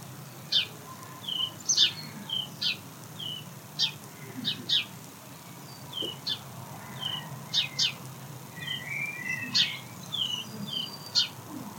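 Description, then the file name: House sparrow chirping: short, scattered cheeps repeated irregularly over roughly twelve seconds against a steady background hiss and low rumble. "Passer domesticus"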